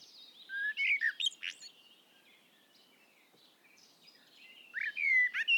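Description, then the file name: Common blackbird song: warbled whistles with high squeaky notes at the start, a quiet stretch, then another loud fluty phrase at the end. "Turdus merula"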